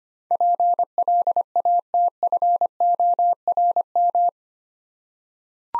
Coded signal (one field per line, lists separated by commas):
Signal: Morse code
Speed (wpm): 25 wpm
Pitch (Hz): 700 Hz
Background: none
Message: PLATFORM